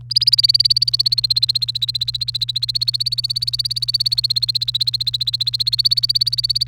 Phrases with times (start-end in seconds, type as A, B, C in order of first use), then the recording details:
0.10-6.68 A. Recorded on 29 April 2018 at 16:02. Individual llb3